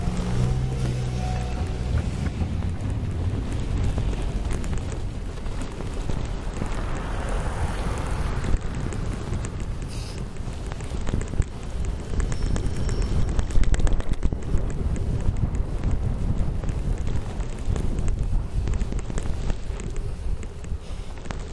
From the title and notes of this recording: Hämeentie (Helsinki) cycle path after a snowstorm. We had a major snowstorm in Helsinki today and what better way to celebrate than grab the mountain bike and go out for a ride.